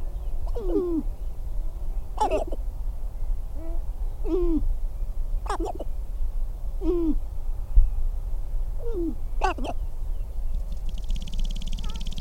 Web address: bird Species Gallinaceous Sharp-tailed Grouse Sound